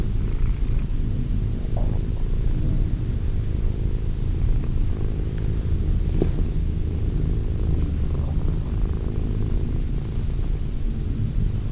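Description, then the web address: Cat purr, a low even drone in breathing cycles, with faint light ticks now and then. Cat named Wilson. "~pelikas CATSOUNDS Wilson Cat"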